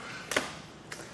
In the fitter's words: you'll hear a click letting you know is there